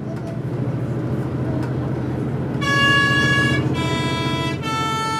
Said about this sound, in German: Der Bus quält sich auf den Maloja-Pass.